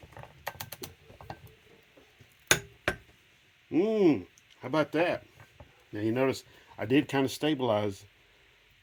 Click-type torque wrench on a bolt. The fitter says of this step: how I was using this you heard it click let's do it again